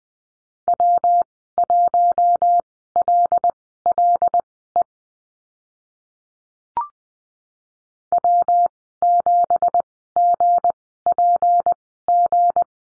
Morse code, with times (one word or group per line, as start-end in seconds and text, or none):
0.7-4.8 W1LLE
8.1-12.6 W7GPG